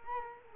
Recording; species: mosquito wingbeat signal from an infrared sensor; Culex quinquefasciatus